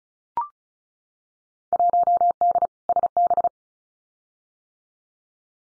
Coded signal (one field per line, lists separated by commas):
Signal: Morse code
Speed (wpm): 36 wpm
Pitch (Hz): 700 Hz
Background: none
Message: 1D SB